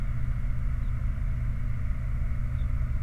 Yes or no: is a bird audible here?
yes